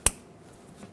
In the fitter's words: Plug in the electrical connector and make sure it clicks.